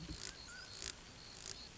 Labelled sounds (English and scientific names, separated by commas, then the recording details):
Mountain Quail (Oreortyx pictus)
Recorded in Sonoma County, California